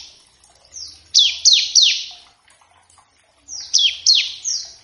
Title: Masteran Ciblek Gacor Vs Kenari Gacor Untuk Masteran Semua Jenis Burung. Ciblek ngebren variasi masteran & pancingan ciblek. Burung Ciblek